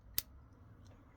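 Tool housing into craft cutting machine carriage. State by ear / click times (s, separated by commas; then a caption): seated / 0.2 s. A magnetic tool housing is removed and re-seated in the carriage of a Cricut craft cutting machine a second time, showing off its click. It snaps firmly into place at 0.2 s with a single crisp, loud click, followed by quiet low background hum.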